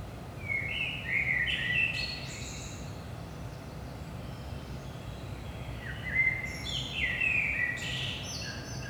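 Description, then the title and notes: Common blackbird song: two mellow fluted phrases, each ending in a thin, high squeaky twitter, separated by a few seconds of low background hum. Recorded at 5 am, early morning, in Saint-Gilles, Belgium, with a DPA 4060 pair in AB position into a Zoom F3. "Saint-Gilles, Belgique - 5am Blackbird. Blackbird in the morning. Merle au petit matin"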